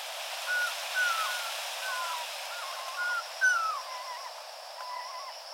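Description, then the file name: Ruddy kingfisher calls: several wavering, descending whistled notes, repeated against a steady rushing background hiss. Recorded 24 April 2016 on Miyakojima. "akashoubin 160424 Miyakojima Uemura Shingo"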